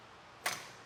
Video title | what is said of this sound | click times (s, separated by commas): etrailer - Test Fitting the Thule OutPace Bike Rack on a 2025 Mazda CX-70 | And all you need to do is lift it back into position until you hear that click. | 0.5 s